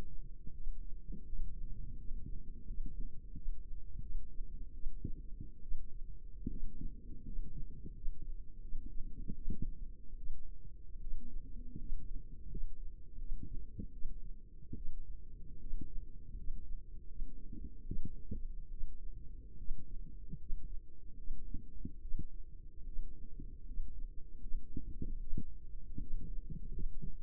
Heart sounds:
heart sounds by microphone in the left ear; 78 bpm
0.53 s: heartbeat
1.25 s: heartbeat
1.97 s: heartbeat
2.66 s: heartbeat
3.34 s: heartbeat
4.01 s: heartbeat
4.73 s: heartbeat
5.62 s: heartbeat
6.49 s: heartbeat
7.24 s: heartbeat
7.94 s: heartbeat
8.61 s: heartbeat
9.34 s: heartbeat
10.17 s: heartbeat
11.00 s: heartbeat
11.78 s: heartbeat
12.49 s: heartbeat
13.18 s: heartbeat
13.92 s: heartbeat
14.76 s: heartbeat
15.59 s: heartbeat
16.36 s: heartbeat
17.07 s: heartbeat
17.85 s: heartbeat
18.70 s: heartbeat
19.57 s: heartbeat
20.38 s: heartbeat
21.16 s: heartbeat
22.01 s: heartbeat
22.85 s: heartbeat
23.65 s: heartbeat
24.40 s: heartbeat
25.19 s: heartbeat
25.99 s: heartbeat
26.71 s: heartbeat
From the record:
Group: healthy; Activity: rest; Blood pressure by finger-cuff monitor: 89/58 mmHg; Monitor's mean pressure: 67 mmHg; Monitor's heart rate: 79 bpm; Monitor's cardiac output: 6 L/min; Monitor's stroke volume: 76 mL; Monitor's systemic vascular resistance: 790 dyn s/cm5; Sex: female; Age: 22 years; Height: 163 cm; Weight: 67.1 kg

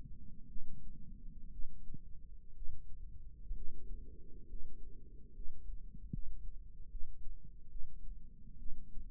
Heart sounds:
heart sounds by microphone in the left ear; 67 bpm
0.48 s: heartbeat
1.51 s: heartbeat
2.54 s: heartbeat
3.54 s: heartbeat
4.47 s: heartbeat
5.33 s: heartbeat
6.11 s: heartbeat
6.89 s: heartbeat
7.69 s: heartbeat
8.58 s: heartbeat
From the record:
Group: healthy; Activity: rest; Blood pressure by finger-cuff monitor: 141/63 mmHg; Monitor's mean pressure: 90 mmHg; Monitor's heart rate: 64 bpm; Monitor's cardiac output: 6.7 L/min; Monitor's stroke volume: 98 mL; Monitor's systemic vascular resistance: 960 dyn s/cm5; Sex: female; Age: 37 years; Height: 168 cm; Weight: 70 kg

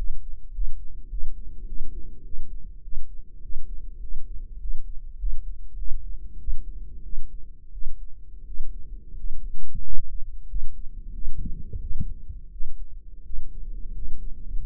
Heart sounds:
heart sounds by microphone in the right ear; 94 bpm
0.52 s: heartbeat
1.09 s: heartbeat
1.65 s: heartbeat
2.23 s: heartbeat
2.82 s: heartbeat
3.41 s: heartbeat
4.00 s: heartbeat
4.59 s: heartbeat
5.17 s: heartbeat
5.76 s: heartbeat
6.37 s: heartbeat
7.03 s: heartbeat
7.71 s: heartbeat
8.45 s: heartbeat
9.15 s: heartbeat
9.82 s: heartbeat
10.47 s: heartbeat
11.12 s: heartbeat
11.80 s: heartbeat
12.51 s: heartbeat
13.23 s: heartbeat
13.93 s: heartbeat
14.60 s: heartbeat
From the record:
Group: healthy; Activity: rest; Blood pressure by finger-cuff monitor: 122/71 mmHg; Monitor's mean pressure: 83 mmHg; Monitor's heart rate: 94 bpm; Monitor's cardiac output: 8.8 L/min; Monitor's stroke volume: 92 mL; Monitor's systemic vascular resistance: 710 dyn s/cm5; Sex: male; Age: 23 years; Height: 178 cm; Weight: 96.6 kg

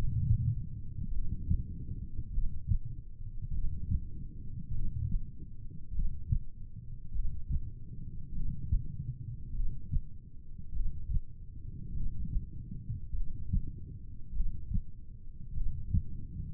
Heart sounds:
heart sounds by stethoscope; 50 bpm
1.14 s: heartbeat
2.34 s: heartbeat
3.55 s: heartbeat
4.75 s: heartbeat
5.95 s: heartbeat
7.16 s: heartbeat
8.36 s: heartbeat
9.56 s: heartbeat
10.76 s: heartbeat
11.96 s: heartbeat
13.17 s: heartbeat
14.36 s: heartbeat
15.57 s: heartbeat
From the record:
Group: heart failure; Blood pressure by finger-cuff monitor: 103/52 mmHg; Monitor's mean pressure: 68 mmHg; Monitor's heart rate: 50 bpm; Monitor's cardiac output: 4.5 L/min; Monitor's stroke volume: 91 mL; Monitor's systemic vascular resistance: 1070 dyn s/cm5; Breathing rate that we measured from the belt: 15 breaths a minute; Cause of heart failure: cardiac sarcoid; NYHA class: 1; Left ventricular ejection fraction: 39%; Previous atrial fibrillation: present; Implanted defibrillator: present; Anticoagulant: apixaban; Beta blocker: carvedilol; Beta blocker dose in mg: 50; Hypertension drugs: ramipril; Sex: male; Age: 79 years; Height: 184 cm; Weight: 92.5 kg

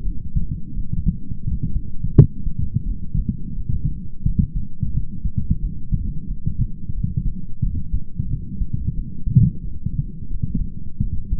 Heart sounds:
heart sounds by stethoscope; 88 bpm
0.06 s: heartbeat
0.76 s: heartbeat
1.46 s: heartbeat
2.16 s: heartbeat
2.87 s: heartbeat
3.58 s: heartbeat
4.26 s: heartbeat
4.95 s: heartbeat
5.63 s: heartbeat
6.30 s: heartbeat
6.96 s: heartbeat
7.64 s: heartbeat
8.31 s: heartbeat
8.98 s: heartbeat
9.64 s: heartbeat
10.31 s: heartbeat
11.03 s: heartbeat
From the record:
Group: healthy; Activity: light exercise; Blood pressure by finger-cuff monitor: 140/66 mmHg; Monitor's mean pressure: 85 mmHg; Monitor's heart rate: 88 bpm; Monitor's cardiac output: 8.9 L/min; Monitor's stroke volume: 101 mL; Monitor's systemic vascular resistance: 690 dyn s/cm5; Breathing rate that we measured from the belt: 22 breaths a minute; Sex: male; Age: 22 years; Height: 181 cm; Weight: 79 kg

